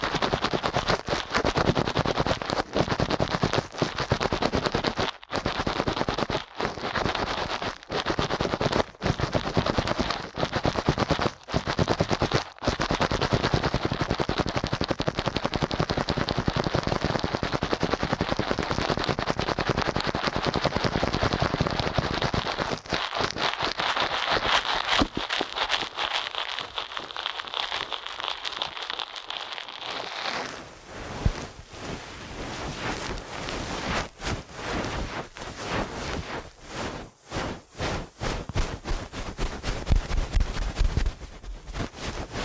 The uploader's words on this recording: ASMR Ear Cleaning at Helicopter Speed.